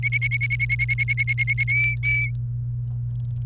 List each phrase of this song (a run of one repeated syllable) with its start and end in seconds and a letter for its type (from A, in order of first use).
0.03-1.64 A, 1.68-2.31 B